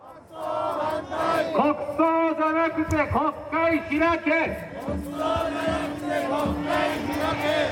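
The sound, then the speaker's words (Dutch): Hundreds of demonstrators holding signs on a square in Shinjuku, Tokyo's largest business district, shout "Stop the funeral" in unison, loud rhythmic chanted cries rising and falling over a continuous din of many voices, with one strong voice leading through a megaphone-like tone. “Stop de begrafenis, schreeuwen de demonstranten hier op het plein midden in Shinjuku, het grootste zakendistrict in Tokio.”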